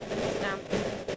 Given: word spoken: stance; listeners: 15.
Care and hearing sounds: one English word in noise, from a listening test; noise modulated by three-talker babble; -7.8 dB; 0 of 15; 9 of 15; 0.77 s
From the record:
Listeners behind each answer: 9, 4, 1, 1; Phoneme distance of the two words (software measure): 20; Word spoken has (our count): 1 syllable, 5 phonemes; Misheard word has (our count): 1 syllable, 5 phonemes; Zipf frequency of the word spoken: 3.74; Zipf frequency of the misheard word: 4.20

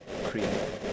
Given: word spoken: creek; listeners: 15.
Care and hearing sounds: one English word in noise, from a listening test; noise modulated by three-talker babble; -6.2 dB; 1 of 15; 6 of 15; 0.53 s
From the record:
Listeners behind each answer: 6, 5, 1, 1, 1, 1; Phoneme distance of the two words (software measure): 10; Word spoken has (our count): 1 syllable, 4 phonemes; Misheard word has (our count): 1 syllable, 4 phonemes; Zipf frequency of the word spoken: 3.43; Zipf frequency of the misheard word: 4.89

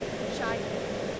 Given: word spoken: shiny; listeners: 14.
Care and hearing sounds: one English word in noise, from a listening test; speech-shaped noise; -6.6 dB; 1 of 14; 6 of 14; 0.80 s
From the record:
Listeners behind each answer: 6, 2, 2, 1, 1, 1, 1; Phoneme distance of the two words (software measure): 30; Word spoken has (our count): 2 syllables, 4 phonemes, stress on syllable 1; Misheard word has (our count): 1 syllable, 4 phonemes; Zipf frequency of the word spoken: 4.15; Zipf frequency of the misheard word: 5.14

